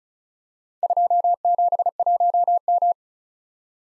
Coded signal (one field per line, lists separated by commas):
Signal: Morse code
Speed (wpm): 36 wpm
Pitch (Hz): 700 Hz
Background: none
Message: 271M